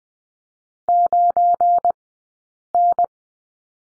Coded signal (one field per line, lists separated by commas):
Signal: Morse code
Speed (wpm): 20 wpm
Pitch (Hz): 700 Hz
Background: none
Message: 9N